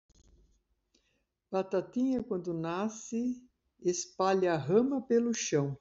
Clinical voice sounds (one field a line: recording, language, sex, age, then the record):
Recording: short text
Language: Brazilian Portuguese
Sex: female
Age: 60 to 69 years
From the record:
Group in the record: control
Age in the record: 63 years